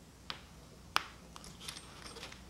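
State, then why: Seated. A metal retaining clip, with its clips facing up, is pushed onto the replacement fuel pump of a Coleman camping stove, taking a little force. A small metallic tick at 0.3 s is followed by a sharp, bright snap at 1.0 s as the clip seats properly, then a few faint light clicks. No one talks.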